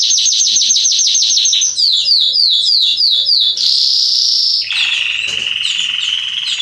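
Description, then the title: Belgian canary song with quick repeated downslurred notes, a sustained bright trill, then a lower buzzy rolling phrase. Male Belgian canary singing a lot, to warm up and train young canaries. "Esquente Seu Filhote E Canario Belga Em 30 Minutos Macho Cantando Muito CANTO DO CANRIO"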